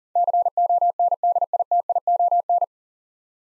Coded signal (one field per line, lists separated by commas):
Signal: Morse code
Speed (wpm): 40 wpm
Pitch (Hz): 700 Hz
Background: none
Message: CONDITION